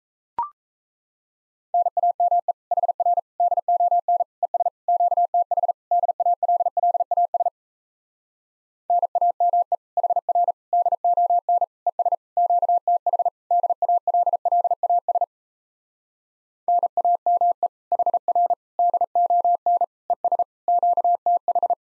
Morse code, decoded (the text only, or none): NAME HR DON ES QTH DALLAS NAME HR DON ES QTH DALLAS NAME HR DON ES QTH